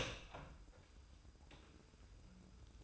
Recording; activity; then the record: daily activity, microphone in the room; open door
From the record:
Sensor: 2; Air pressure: 990.3 hPa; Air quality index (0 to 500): 184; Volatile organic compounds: 1000 ppm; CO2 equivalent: 5839 ppm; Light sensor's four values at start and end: 34/80/33/33 and 34/80/33/33